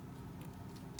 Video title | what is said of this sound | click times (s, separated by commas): Lego 76389 Hogwarts: Chamber of Secrets Live build thoughts and review | and that snaps right in there and | 1.0 s